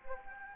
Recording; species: mosquito wingbeat signal from an infrared sensor; Anopheles gambiae